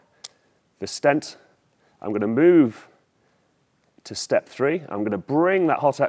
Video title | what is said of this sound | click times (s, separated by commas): GastroLearning Express: How to Deploy a Hot Axios Stent | i'm gonna unlock | 0.2 s